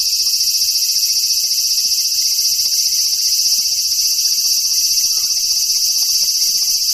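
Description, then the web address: Large brown cicada song: a dense, high, hissing buzz holding at one level, finely pulsed and steady. "sikioto insect aburazemi"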